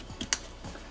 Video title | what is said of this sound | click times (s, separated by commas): S550 Mustang Ford Performance Catch Can Install | that guy on there snap | 0.3 s